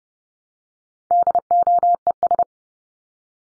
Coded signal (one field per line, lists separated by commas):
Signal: Morse code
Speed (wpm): 30 wpm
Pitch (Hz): 700 Hz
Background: none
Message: DOES